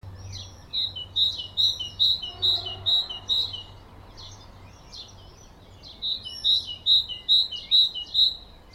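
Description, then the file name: Great tit song: clear two-note phrases, high then lower, repeated rapidly in two bouts with a short pause between, other faint chirps above. "Parus major"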